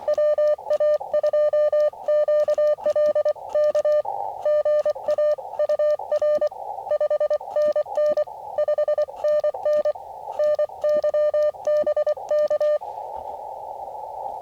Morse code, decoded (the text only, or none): WA2QLK GA UR 5NN 5NN NY BK